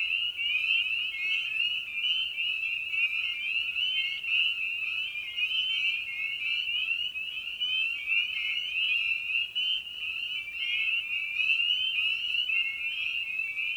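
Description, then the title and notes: Spring peeper chorus, a steady wall of high, upslurred peeps from many frogs, overlapping without pause throughout. Evening at a frog pond; tiny amphibian known for its distinctive song. "Episode 5: Night of the Peepers. we return to the frog pond for a meditative evening. Species in Focus: Spring Peeper (Pseudacris crucifer). Ian Carlsen"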